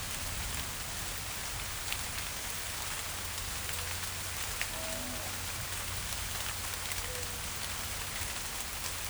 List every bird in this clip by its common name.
none